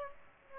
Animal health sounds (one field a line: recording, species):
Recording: mosquito wingbeat signal from an infrared sensor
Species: Aedes aegypti